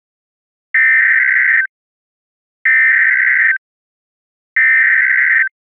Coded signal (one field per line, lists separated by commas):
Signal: Emergency Alert System (SAME) tones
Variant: header bursts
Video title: The Reawakening - EAS Scenario